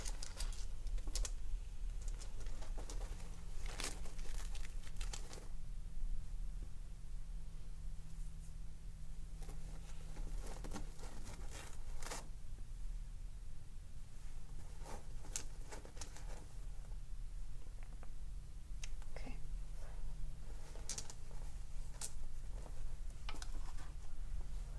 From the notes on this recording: clothes rustling, stone sounds, match lighting and massage sounds